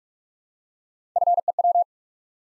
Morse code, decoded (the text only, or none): FEW